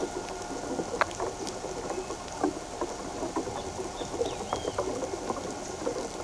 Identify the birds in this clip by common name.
Great Kiskadee